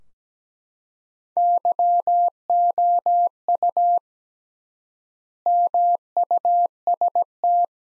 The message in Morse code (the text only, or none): YOU MUST